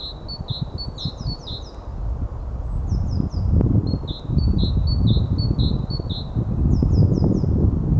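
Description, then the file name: Great tit singing repeated high two-note phrases in bursts, over steady low rumbling noise. "Parus major"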